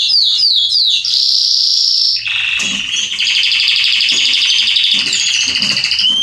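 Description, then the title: Canary song opening with quick descending notes and a high trill, then a long lower rolling tour with layered buzzy texture. Male Belgian canary singing a lot, used to warm up and train young canaries. "Canary Training Esquente Seu Filhote E Canario Belga Macho Cantando Muito. CANTO DO CANRIO"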